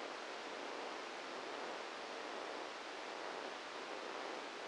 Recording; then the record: brain microelectrode recording played as sound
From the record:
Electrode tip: outside the subthalamic nucleus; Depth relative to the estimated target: 2 mm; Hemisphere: left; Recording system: NeuroSet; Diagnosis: Parkinson's disease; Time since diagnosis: 8 years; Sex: male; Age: 58 years